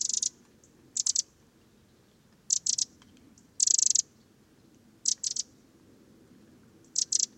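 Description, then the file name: Eurasian wren calls: hard, rapid ticking churrs in short bursts, some doubled, one longer rattle near the middle, with quiet low rumble underneath. "Troglodytes troglodytes"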